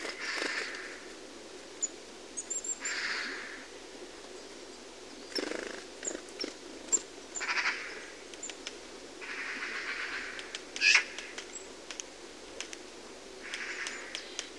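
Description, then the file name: Eurasian magpie making harsh, grating chatter calls in short bursts throughout, with scattered clicks and a brief higher squeak late. "Pica pica"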